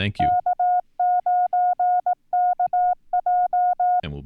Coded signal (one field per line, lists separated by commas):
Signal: Morse code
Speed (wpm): 21 wpm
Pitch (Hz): 720 Hz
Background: speech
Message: K9KJ